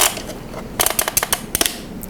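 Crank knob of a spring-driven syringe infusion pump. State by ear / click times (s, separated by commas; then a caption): seated / 1.6 s. The black crank knob of a Freedom60 spring-driven syringe infusion pump, used for subcutaneous immunoglobulin administration, is cranked clockwise a second time. A burst of sharp ratcheting clicks runs from about 0.8 to 1.7 s. The knob reaches the top and clicks into the loaded position at 1.6 s, seated.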